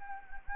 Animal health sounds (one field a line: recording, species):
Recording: mosquito wingbeat signal from an infrared sensor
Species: Anopheles gambiae